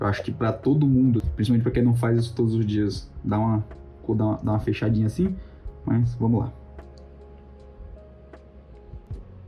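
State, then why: Not seated. A processor is being handled over a motherboard CPU socket, about to be placed in before the retention frame is lowered. Someone talks over faint background music for the first six and a half seconds, then two faint short ticks are heard at about 6.8 and 8.3 seconds in a quiet stretch. Nothing has seated yet; the clip ends just before the processor goes home in the socket.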